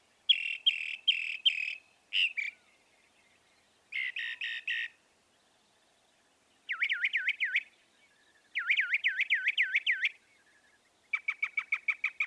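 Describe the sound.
Northern mockingbird song, varied phrases in sequence: rapid chatter, buzzy bursts, looping whistled up-and-down trills, and a fast ticking series.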